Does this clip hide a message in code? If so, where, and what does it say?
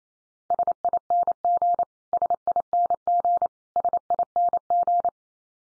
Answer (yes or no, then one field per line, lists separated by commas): yes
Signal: Morse code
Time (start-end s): 0.5-5.1 s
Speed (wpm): 28 wpm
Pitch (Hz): 700 Hz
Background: none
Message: SING SING SING